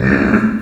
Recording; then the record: squeal of a Yucatan mini pig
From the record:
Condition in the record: after surgery on the right vocal fold (resection and tissue-engineered implant); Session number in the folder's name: 7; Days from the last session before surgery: 47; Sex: female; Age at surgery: 19 weeks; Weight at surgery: 25 kg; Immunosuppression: prednisolone